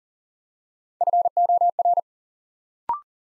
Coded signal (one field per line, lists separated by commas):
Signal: Morse code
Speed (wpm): 40 wpm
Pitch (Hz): 700 Hz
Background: none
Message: FOR